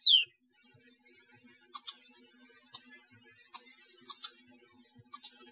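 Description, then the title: European goldfinch calling with sharp high notes that slide downward, repeated every second or so. "Chant Chardonneret"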